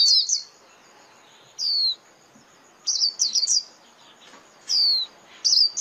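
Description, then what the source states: White-eye calls: short high chirps and sharp downslurred notes in separated bursts roughly every second, over a quiet background with a faint steady high tone. Lure call (mồi) used for trapping white-eyes.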